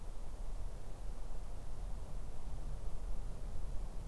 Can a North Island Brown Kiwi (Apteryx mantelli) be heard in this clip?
no